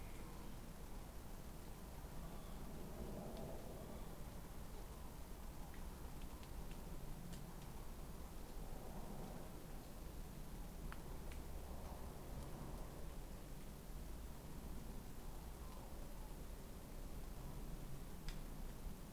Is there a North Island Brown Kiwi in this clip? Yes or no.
no